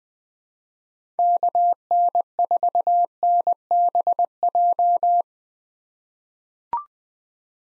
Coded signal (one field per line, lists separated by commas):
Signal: Morse code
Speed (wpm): 20 wpm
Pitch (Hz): 700 Hz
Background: none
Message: KN4NBJ